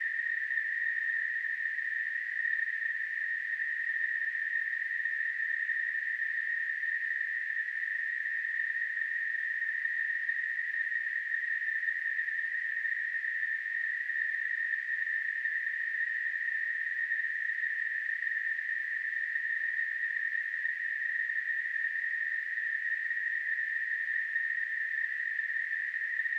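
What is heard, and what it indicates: Simulated tinnitus: a steady, continuous high-pitched narrowband hiss centered near 1.8 kHz, unchanging in loudness throughout, with a faint higher band near 3.7 kHz.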